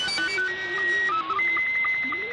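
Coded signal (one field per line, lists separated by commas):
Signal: SSTV (slow-scan television)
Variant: Scottie 2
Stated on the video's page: SSTV sent by The Mighty KBC shortwave broadcast with its DX Headlines, simultaneously with THOR22 data.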